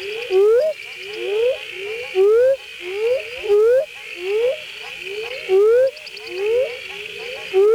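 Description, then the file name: Northern spadefoot toad calls: short rising whooping notes, repeated many times, over a background hiss. "Notaden melanoscaphus"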